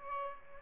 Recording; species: mosquito wingbeat signal from an infrared sensor; Aedes albopictus